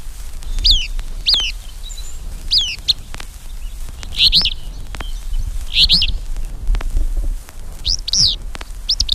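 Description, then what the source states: Alder Flycatcher calls: several sharp, high notes, often in pairs, repeated at irregular intervals, with faint clicks and low rumble beneath. Northern race calls 'phoebeo', southern race calls 'fits view'.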